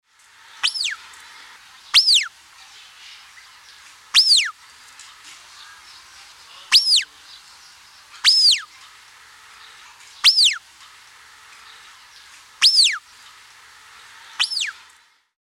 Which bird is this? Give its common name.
Bare-faced Curassow